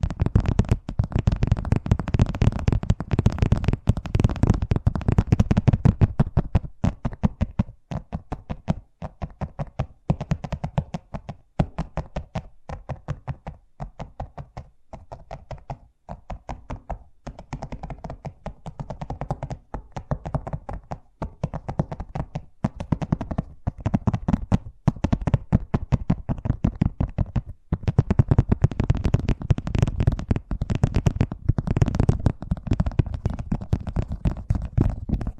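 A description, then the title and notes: Fast tapping runs continuously for the whole stretch, a dense, rapid patter of sharp knocks. The hits are heaviest at the start and again near the end, thinning slightly in the middle, with a dull, low thud under each strike. ASMR Braingasm Inducing Fast Tapping (No Talking).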